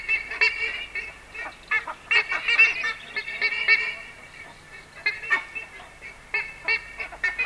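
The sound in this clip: Buff-necked ibis giving dense metallic honks almost continuously, with brief pauses.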